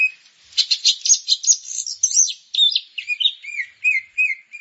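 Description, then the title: Grey-cheeked bulbul delivering a harsh, buzzy rattling burst that gives way to short, clipped whistled notes. "Kicau Burung Cucak Jenggot"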